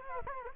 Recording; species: mosquito wingbeat signal from an infrared sensor; Culex quinquefasciatus